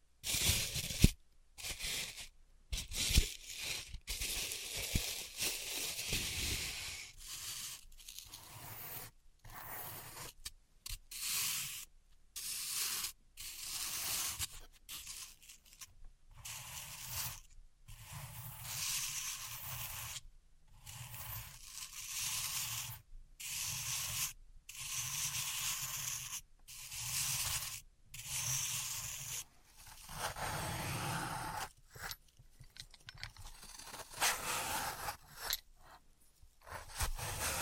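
Floral foam being tapped, cut and crushed, heard as a string of short, dry scraping and rubbing bursts with brief silences between them. The bursts come every second or so, bright and gritty, with a few sharper clicks mixed in.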